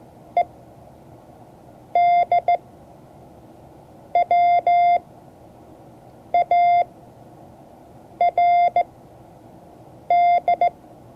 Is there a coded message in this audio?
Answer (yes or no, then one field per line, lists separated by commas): yes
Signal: Morse code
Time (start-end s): 0.4-10.7 s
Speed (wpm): 16 wpm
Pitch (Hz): 700 Hz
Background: none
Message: EDWARD